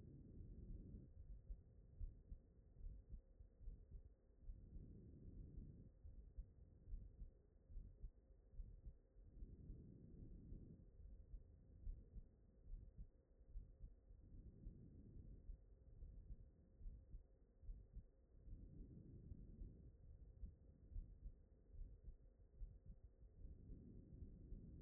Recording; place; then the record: heart sounds by stethoscope; pulmonary valve (PV)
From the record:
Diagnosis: non-HFrEF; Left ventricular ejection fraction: 63%